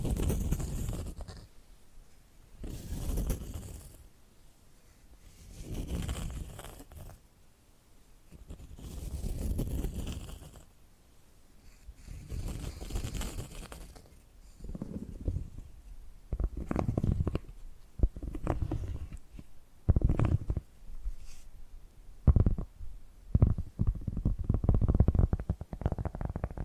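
Tapping and scratching begin as slow, low, rumbling swells every few seconds, then turn quicker and sharper, with crisp taps clustering toward the end.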